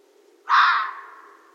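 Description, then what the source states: Red fox letting out one sudden, hoarse bark that fades away over about a second against a quiet background. Recorded 13 January 2012.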